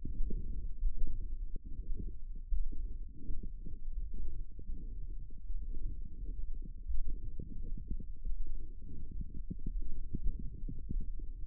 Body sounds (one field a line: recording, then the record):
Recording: forearm muscle sounds (acoustic myography)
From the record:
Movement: forearm supination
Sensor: system 1, eight BSWA MPA416 microphones around the upper forearm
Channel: 8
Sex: male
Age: 23 years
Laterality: right